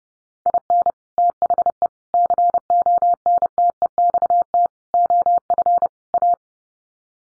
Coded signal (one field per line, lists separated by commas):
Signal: Morse code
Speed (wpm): 30 wpm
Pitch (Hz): 700 Hz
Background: none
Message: IN THE CONTEXT OF A